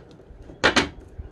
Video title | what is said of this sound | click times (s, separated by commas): Lian Li 011 Dynamic Gaming pc build 2019 | locks into place both sides do this even the back if you | 0.7 s, 0.8 s